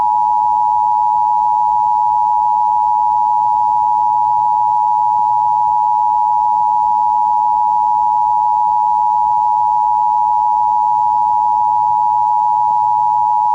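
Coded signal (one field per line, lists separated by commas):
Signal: Emergency Alert System (SAME) tones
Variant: 853 and 960 Hz attention tone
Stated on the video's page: Fictional EAS alerts set in an invented post-collapse America.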